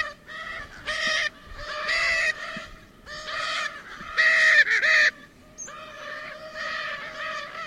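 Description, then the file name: Lear's macaw calling in several loud, grating squawks, some longer and wavering, separated by quieter gaps. "canto da arara azul de lear"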